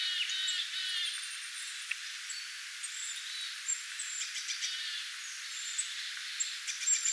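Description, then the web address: Tits calling in a flock: thin high seeps and short chirps scattered throughout, with a few rapid buzzy note series, over a steady faint hiss. Flock of tits, recorded 25 October 2024. "25 10 2024 tiaisparvi"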